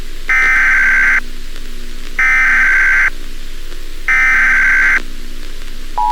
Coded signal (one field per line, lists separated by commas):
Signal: Emergency Alert System (SAME) tones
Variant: header bursts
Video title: EAS Scenario: 2020. Year of the End. (New Year Special!)